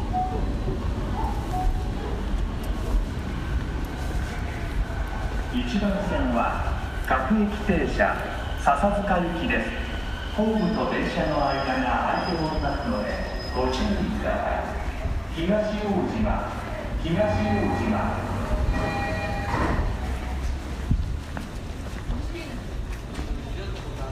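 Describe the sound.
Riding a train home in Tokyo, a steady low rumble runs under everything for the whole stretch. Voices talk over it almost continuously, mostly a man's, with brief pauses. Thin, faint tones come and go in the upper range, likely from the train.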